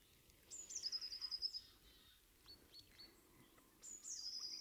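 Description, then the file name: Eurasian blue tit trilling a high phrase, then faint chips and a second trill starting at the end, over steady hiss. "Cyanistes caeruleus"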